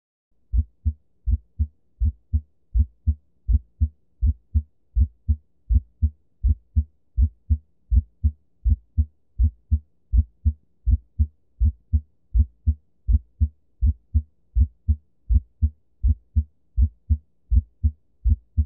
Split S1 Heart Sound. The M1 sound occurs slightly before T1. However, in about 40% to 70% of normal individuals. A split S1 sound is common in the setting of a right bundle branch block or ventricular tachycardia/premature ventricular contractions, or PVCs with a right bundle branch block morphology.